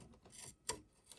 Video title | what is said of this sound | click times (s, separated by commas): How To Set Up & Use The Brother KHC-820A - Single Bed Colour Changer | but you'll just sort of hear it click into place. So I'll be quiet while I do that and you'll be able to hear it. | 0.7 s